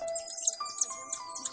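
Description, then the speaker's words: Golden lion tamarins giving very high, thin shrill chirps in a quick series over a faint steady tone. Wild animals in the Atlantic Forest of Brazil, shrill calls; population grew from about 150 thirty years ago to about 3,200 thanks to an international effort. "Suara melengking berasal dari monyet Golden Lion Tamarin di hutan Atlantik di Brazil."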